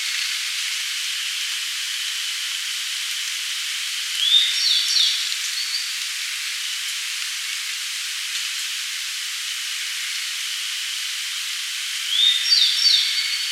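Grey bunting phrases: a rising whistle followed by quick slurred higher notes, heard twice about eight seconds apart over a steady high hiss.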